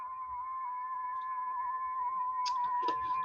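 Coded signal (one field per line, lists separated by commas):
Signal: FT4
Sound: steady warbling tone near 1 kHz with faint higher tones and two brief clicks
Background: radio static, clicks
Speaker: I'm on FT4. That's why it sounds a little weird.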